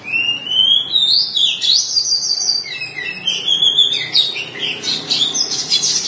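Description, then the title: Oriental magpie-robin song opening with a long rising whistle, then a continuous rush of high warbles, trills and chattering notes. Long-duration song. "Kacer Durasi Panjang"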